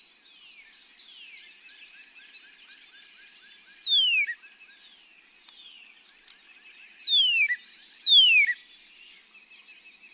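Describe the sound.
Northern Cardinal giving three loud down-slurred whistles sweeping from high to low, over a busy chorus of fainter birds.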